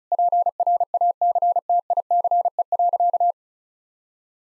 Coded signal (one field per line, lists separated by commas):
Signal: Morse code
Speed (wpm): 36 wpm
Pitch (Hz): 700 Hz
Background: none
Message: PRACTICE.